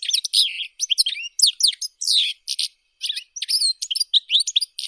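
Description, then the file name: European goldfinch song, a continuous jumble of bright twittering notes, sharp chirps and short liquid phrases. "Golosa ptic - CSHegol Carduelis carduelis"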